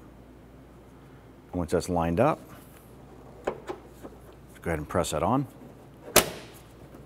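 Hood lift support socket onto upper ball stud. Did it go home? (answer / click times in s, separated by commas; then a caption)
yes / 6.2 s. Someone talks while the upper end of a new hood lift support on a 2006-2013 Chevy Impala is lined up and pressed onto its ball stud. The socket snaps into place with a sharp click at 6.2 s, seating the support so it holds the hood.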